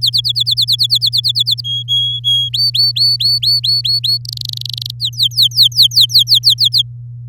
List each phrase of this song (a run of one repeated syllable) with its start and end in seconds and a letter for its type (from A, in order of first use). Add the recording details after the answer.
0.01-1.61 A, 1.64-2.49 B, 2.53-4.18 C, 4.25-4.91 D, 5.00-6.82 E. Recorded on 11 May 2018 at 06:19. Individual llb16